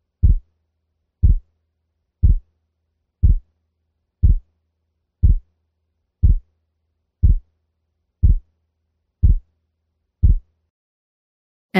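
Eleven evenly spaced, low-pitched heart sounds at 60 beats per minute, each with two very close components split by 0.04 seconds. This is a simulated split heart sound used for ear training, with a brief noise at the very end.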